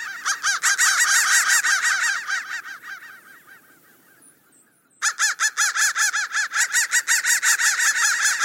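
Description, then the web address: Crow with a run of harsh, rapid caws that fades to near silence, then another loud burst of grating caws resumes sharply. "soundfactory crow 1"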